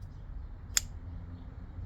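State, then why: Released. The position sensor lever on a Toyota robotized 5-speed gearbox shift actuator, which sits under a spring, is moved out of its installed position while the sensor is being fitted. One sharp, brief click is heard at 0.8 s over a steady low background rumble, confirming the lever has released.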